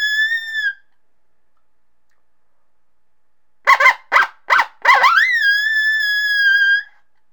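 Coyote howling: a short howl, then a quick burst of four sharp yips sliding straight into a long, level howl.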